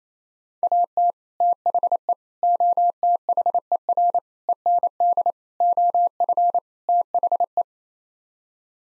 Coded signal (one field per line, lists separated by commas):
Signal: Morse code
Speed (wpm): 27 wpm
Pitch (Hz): 700 Hz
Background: none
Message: AT THE OTHER END OF THE